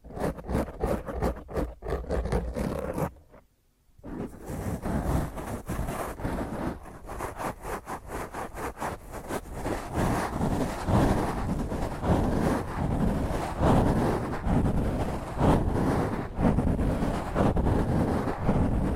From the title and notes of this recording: ASMR Intense Rough Mic Scratch using HandNails (No Talking).